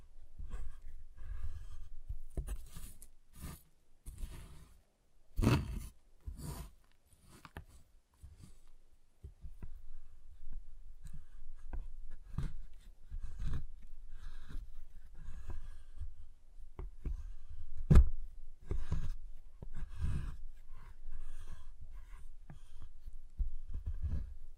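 Tapping, cutting and snapping on a giant chocolate bar, heard as a run of sharp, irregular clicks and knocks with a low thud under many of them. Louder cracks stand out near 5–6 seconds and a single sharp snap around 18 seconds.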